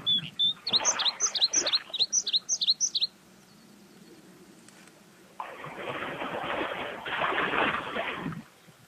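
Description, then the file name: Bluethroat song, a quick series of high metallic notes in pairs for three seconds, followed by a long broad rushing noise. "gorge bleue"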